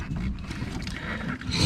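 A spark plug wire boot is being pushed onto its ignition coil terminal on the 6.2L V8 engine of a 2007–2014 Cadillac Escalade. Low rumbling handling noise and rubbery scraping are heard, with no distinct sharp transients. The boot has not seated or clicked onto the coil yet.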